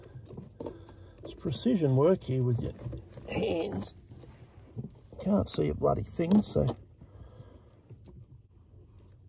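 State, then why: Not seated. A throttle controller wiring plug for a GWM Cannon is pushed by hand, without being seen, onto the accelerator pedal connector while someone talks, with only faint short taps and rustles between the words. No latch click is heard; the plug feels in but has not seated, so nothing has clicked yet.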